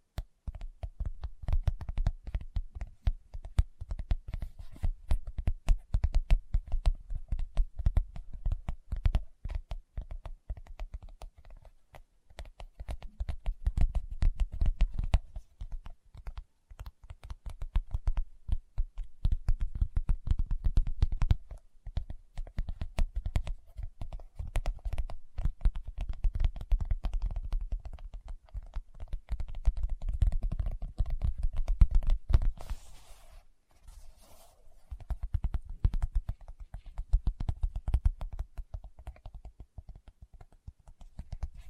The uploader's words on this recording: ASMR Tapping with Fingertips (No Talking).